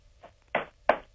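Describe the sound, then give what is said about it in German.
Knocking on wood: a soft tap followed by two firm, hollow knocks in quick succession, each short and dull, with nothing else around them. “Noch nicht, ich habe gehört, wie du geklopft hast.”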